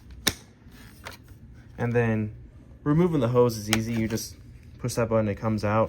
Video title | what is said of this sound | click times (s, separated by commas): Shark Rotator DuoClean Powered Lift Away: The Worst Vacuum I Have Ever Used! | But this clicks back into place when you're done. | 0.3 s